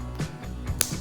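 A small plastic chest attachment is pushed into its socket on a model T-800 Terminator endoskeleton. It snaps into place with a sharp click at 0.8 s, with softer handling noises before and after. The fit was a little tough, and the attachment is seated.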